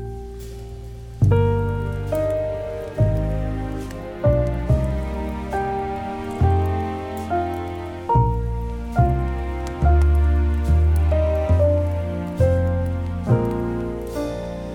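Mellow jazz piano plays warm chords over a deep bass line, each chord struck about every second and a half and left to ring and fade. A soft, steady crackling hiss sits quietly underneath the music throughout.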